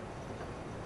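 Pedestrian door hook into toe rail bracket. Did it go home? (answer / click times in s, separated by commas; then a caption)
no / none. The hooks of a dual height TCR pedestrian door kit are being slid onto the toe rail bracket. Only a steady, broadband rushing noise is heard, with no distinct sharp hit. Nothing has seated or clicked yet.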